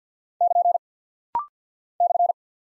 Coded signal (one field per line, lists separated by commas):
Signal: Morse code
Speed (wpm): 48 wpm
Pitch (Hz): 700 Hz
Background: none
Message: <KN> /